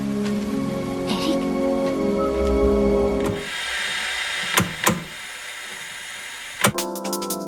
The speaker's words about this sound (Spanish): Podía dejar de llover por una vez. No llueve eternamente.